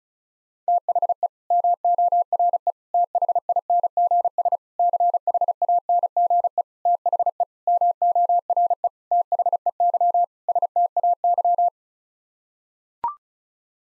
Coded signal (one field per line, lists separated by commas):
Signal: Morse code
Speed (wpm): 36 wpm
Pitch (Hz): 700 Hz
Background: none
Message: THE MORE THINGS CHANGE THE MORE THEY STAY